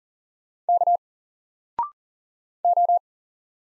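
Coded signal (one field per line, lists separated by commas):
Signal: Morse code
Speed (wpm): 40 wpm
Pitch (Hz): 700 Hz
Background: none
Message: K O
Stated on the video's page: Single-letter Morse drill at 40 wpm, each letter sent, spoken after a 0.6 s pause, then sent again.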